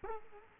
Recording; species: mosquito wingbeat signal from an infrared sensor; Culex quinquefasciatus